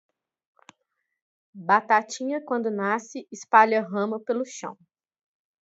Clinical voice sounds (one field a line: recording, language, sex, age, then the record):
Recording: short text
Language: Brazilian Portuguese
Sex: female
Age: 30 to 39 years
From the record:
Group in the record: control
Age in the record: 34 years